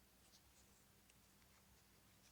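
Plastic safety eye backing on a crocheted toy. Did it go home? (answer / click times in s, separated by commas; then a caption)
no / none. Plastic safety eye backs are put back on a crocheted bat toy and pushed through the crochet with a thumb before being pressed down to lock. Quiet scratchy rustling of handling is heard, with a faint brief tap near 1.1 s. Nothing has snapped or clicked into place yet.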